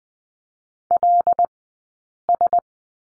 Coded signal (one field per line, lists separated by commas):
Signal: Morse code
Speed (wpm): 20 wpm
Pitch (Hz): 700 Hz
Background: none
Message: LS